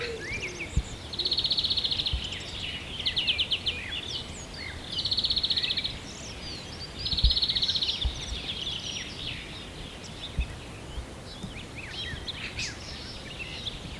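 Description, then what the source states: Birds singing, with loud buzzy trilled bursts of about a second repeated several times among many high chirps and whistles, over a low background hum. Birds recorded at sunrise, morning.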